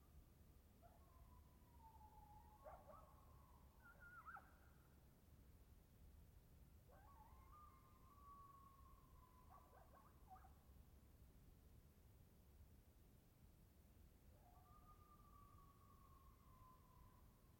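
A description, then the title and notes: Coyotes yip and bay in the distance, their drawn-out, wavering howls rising in three separate bouts, near the start, middle and end, with short sharp yips breaking in around the first two. A low, steady rumble runs underneath throughout. Just outside the fence of the Coffin Game Reserve in the Colockum Wildlife Area of Washington state. In the silent distance, coyotes yip and bay.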